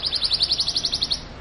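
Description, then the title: Belgian canary trill: a rapid, even series of about a dozen high, pulsing notes lasting just over a second. Song used to stimulate canaries to sing and warm up; the Indonesian title describes a mating canary sound. "Canto Para Esquentar Canário Belga. suara kenari kawin"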